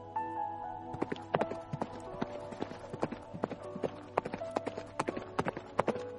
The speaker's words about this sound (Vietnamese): Đợi cho Hắc công tử ăn uống no say, Trường Sinh lập tức lên ngựa phi nhanh đi.